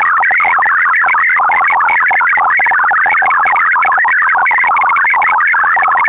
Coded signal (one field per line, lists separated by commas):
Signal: multi-tone FSK (Olivia or MFSK type)